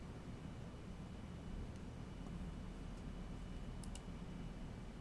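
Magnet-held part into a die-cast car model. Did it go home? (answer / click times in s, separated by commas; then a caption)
yes / 3.8 s, 4.0 s. A magnet-held part is fitted into a die-cast Back to the Future DeLorean model car. Over a steady low hum, two short, sharp clicks come at 3.8 and 4.0 seconds as the part snaps into place and seats.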